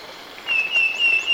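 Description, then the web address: Wing-banded Wren giving a sustained pure whistle, steady in pitch and running to the end, with faint higher chirps above it. Ecuador. "Birds of Ecuador wing-banded Wren"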